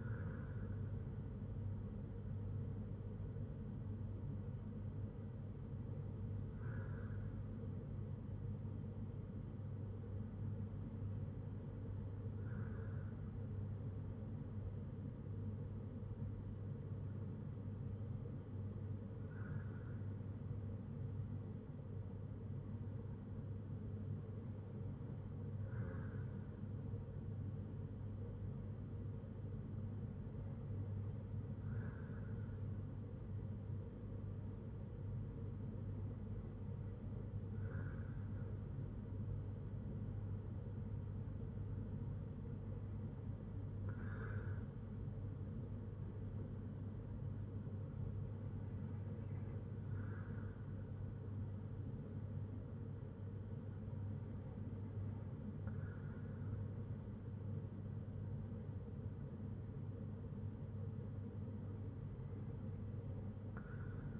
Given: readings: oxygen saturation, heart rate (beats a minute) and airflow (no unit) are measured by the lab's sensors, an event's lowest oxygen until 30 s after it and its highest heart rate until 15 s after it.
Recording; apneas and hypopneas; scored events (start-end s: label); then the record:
breathing in sleep by a smartphone at the bedside; none
none scored
From the record:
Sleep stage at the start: N2 (light sleep); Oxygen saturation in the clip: 94 to 95%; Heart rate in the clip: 57 to 71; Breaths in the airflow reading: 10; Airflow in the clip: -3.8 to 4.2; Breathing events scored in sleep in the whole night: 182 in 7.4 hours asleep